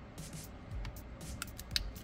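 A 6-pin plastic harness connector from a Kia EV6 towing conversion kit with an active wiring harness is pushed into the 7-pin connection on the trailer control module. Soft rubbing and handling noise gives way to small ticks near 1.4 and 1.6 seconds, then a sharp click at 1.8 seconds. The connector is seated, with its clip locked in place.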